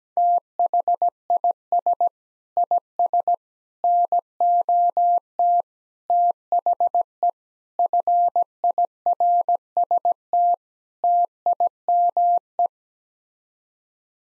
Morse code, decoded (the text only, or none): THIS IS NOT THE FIRST TIME